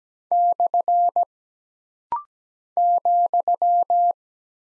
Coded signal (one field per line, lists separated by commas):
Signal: Morse code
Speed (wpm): 17 wpm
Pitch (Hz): 700 Hz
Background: none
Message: / ,